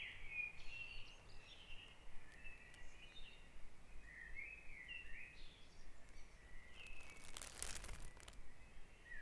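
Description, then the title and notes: Bird singing: soft, repeated warbling phrases throughout, broken by a brief rushing noise near the end, with a persistent low rumble. Dawn chorus at Back Dragon Avenue, Harrogate. "Dawn Chorus // Back Dragon Avenue, Harrogate. Sound Map Of Harrogate"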